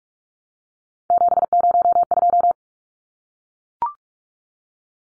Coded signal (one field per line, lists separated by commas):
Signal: Morse code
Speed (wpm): 44 wpm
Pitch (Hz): 700 Hz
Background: none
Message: 702